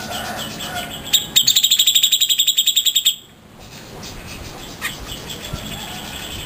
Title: Cucak Jenggot